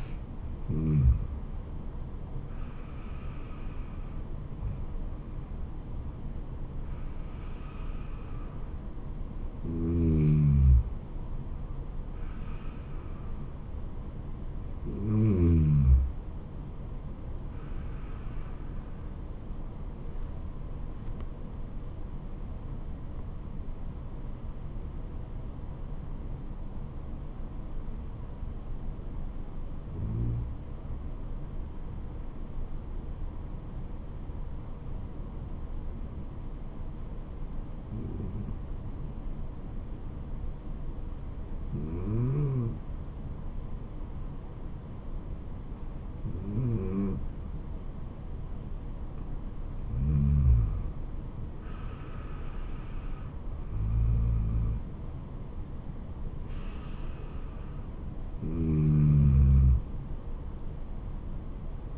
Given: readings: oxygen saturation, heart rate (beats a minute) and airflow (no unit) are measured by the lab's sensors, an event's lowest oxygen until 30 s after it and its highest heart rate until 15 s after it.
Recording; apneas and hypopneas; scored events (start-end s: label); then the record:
breathing in sleep by a smartphone at the bedside; 1
22.00-52.00 s: new sleep stage, N1 (lightest sleep)
29.00-50.60 s: hypopnea (N1, oxygen 96% highest, then 93% lowest, heart rate 76 at the start, 76 highest)
52.00-61.98 s: new sleep stage, N2 (light sleep)
From the record:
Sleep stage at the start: N2 (light sleep); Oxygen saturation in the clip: 93 to 96%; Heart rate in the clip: 67 to 79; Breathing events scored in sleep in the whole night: 426 in 7.4 hours asleep